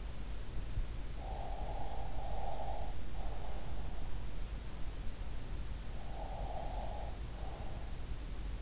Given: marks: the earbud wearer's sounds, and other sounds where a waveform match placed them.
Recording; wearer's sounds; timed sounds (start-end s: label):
sounds in sleep by an in-ear microphone; breath
1.26-4.46 s: breath
6.14-8.62 s: breath